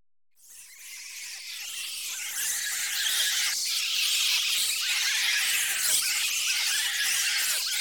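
Bats squeaking in a dense, continuous high-pitched chatter that starts abruptly after a brief silence and swells into an unbroken shrill chorus of overlapping squeals.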